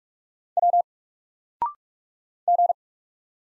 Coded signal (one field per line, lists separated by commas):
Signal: Morse code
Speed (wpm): 44 wpm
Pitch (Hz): 700 Hz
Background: none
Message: W G